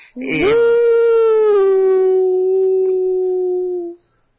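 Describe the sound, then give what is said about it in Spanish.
A person in the Valle de Anizacate imitates a werewolf howl with one long, loud voiced cry that starts with a rough rise, then holds a steady, slightly falling tone for about four seconds before cutting off. “Ese es mi grito de lobizón.”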